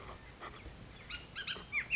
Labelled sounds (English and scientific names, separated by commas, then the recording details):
Bullock's Oriole (Icterus bullockii)
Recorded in Sonoma County, California